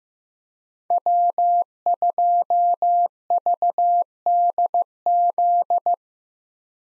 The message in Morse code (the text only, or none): W2VDZ